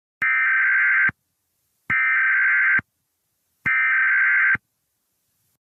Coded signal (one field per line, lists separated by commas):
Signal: Emergency Alert System (SAME) tones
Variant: header bursts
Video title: EAS Scenario #18 Pink Hurricane